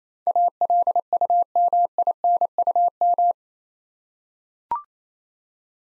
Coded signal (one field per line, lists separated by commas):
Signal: Morse code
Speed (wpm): 29 wpm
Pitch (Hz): 700 Hz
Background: none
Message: ALUMINUM